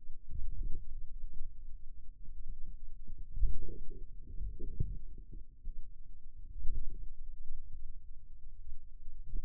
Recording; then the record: forearm muscle sounds (acoustic myography)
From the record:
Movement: wrist extension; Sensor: system 2, bracelet of six BSWA MPA416 microphones around the upper forearm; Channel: 5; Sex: male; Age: 22 years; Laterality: right